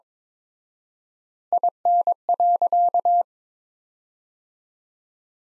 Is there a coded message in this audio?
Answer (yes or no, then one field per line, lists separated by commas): yes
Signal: Morse code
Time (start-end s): 1.5-3.2 s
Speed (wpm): 21 wpm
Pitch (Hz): 700 Hz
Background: none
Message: IN.